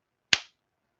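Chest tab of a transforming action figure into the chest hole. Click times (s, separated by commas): 0.3 s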